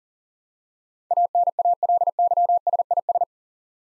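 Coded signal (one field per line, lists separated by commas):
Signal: Morse code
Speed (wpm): 40 wpm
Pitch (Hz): 700 Hz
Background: none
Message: ANALYSIS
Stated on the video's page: Morse code practice of eight-letter words for head copy at 40 wpm.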